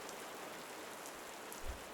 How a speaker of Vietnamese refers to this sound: Ngó nhìn màn mưa ầm ầm như trút nước